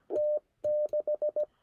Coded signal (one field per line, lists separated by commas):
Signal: Morse code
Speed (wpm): 17 wpm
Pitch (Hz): 590 Hz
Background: none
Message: T6